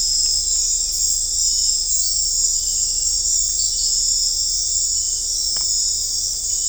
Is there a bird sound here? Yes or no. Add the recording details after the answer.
no. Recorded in dense forest near Puerto Asís, Putumayo, Colombia, on 18 December 2024 at 19:00. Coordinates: 0.500, -76.322. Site G053